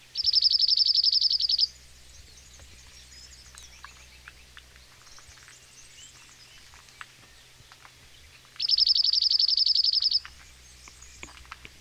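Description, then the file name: Dunnock singing twice, each a fast, high, tinkling warble of under two seconds, about seven seconds apart, with soft chirps of other birds and a steady low hum. "Hacksparv"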